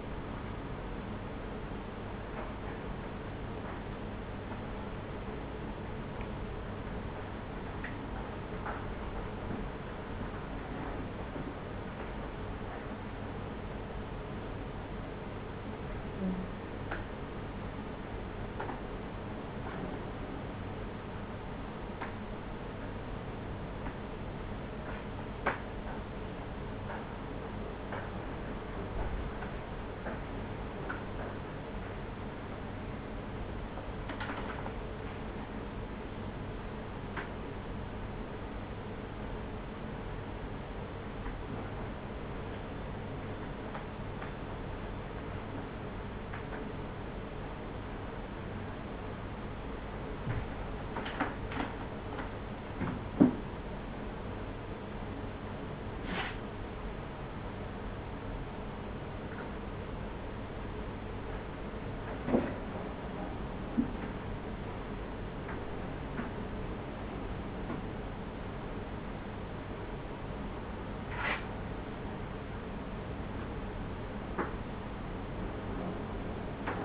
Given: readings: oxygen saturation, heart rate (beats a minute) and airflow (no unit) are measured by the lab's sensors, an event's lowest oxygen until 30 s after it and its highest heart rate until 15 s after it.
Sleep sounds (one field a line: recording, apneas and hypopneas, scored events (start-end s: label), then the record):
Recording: a person awake in a sleep study, by a voice recorder at the bedside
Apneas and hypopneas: none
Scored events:
0.00-76.85 s: awake
0.00-76.85 s: awake
From the record:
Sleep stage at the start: awake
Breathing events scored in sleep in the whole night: 210 in 6.9 hours asleep